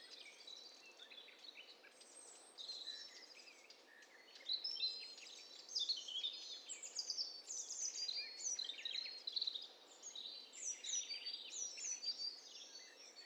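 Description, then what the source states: Birds in a dense mixed chorus: many high, overlapping chirps, trills and squeaky notes building and continuing throughout. Mixture of several birds.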